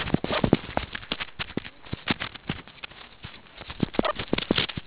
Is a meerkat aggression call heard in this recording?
no